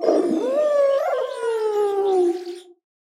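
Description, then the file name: Dog howling: one long tonal howl that rises briefly and then slowly slides lower for nearly three seconds before stopping, followed by silence. "Laika Howl"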